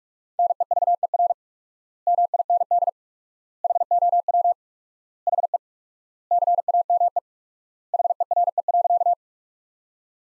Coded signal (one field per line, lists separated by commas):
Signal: Morse code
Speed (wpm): 42 wpm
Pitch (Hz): 700 Hz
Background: none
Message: NEVER MIND HOW HE CAME HERE.